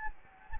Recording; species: mosquito wingbeat signal from an infrared sensor; Anopheles gambiae